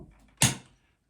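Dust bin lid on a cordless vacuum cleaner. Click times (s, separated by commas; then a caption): 0.4 s. The plastic dust bin lid on an HF1 Flexi cordless vacuum cleaner is closed after the bin is emptied and snaps back into its latch. A sharp click is heard at 0.4 s, followed by a short decay. The lid is latched shut.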